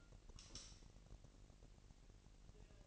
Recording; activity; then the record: daily activity, microphone in the room; light off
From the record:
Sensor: 4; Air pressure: 1002.7 hPa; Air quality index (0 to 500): 250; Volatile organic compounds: 18 ppm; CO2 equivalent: 2603 ppm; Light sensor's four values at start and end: 7/16/6/6 and 6/13/5/5